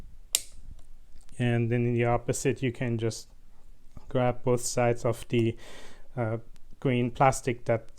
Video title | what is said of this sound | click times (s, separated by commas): Handling MTP fiber connectors | push it in listen for the click | 0.3 s